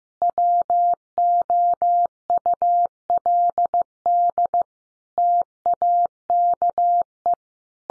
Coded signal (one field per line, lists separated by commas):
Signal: Morse code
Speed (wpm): 15 wpm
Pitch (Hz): 700 Hz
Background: none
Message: WOULD TAKE